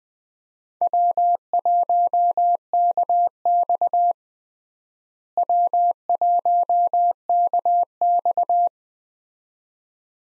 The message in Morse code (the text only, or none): W1KX W1KX